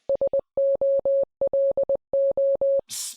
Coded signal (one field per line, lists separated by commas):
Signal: Morse code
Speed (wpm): 20 wpm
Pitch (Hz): 550 Hz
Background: none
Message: SOLO